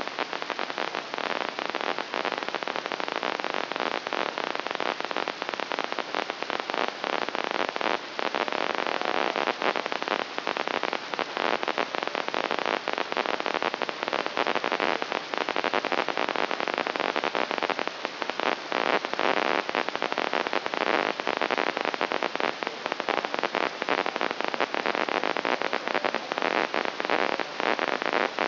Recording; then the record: brain microelectrode recording played as sound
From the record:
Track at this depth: inside the subthalamic nucleus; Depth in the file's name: 3.708 mm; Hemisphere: left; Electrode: 2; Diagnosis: Parkinson's disease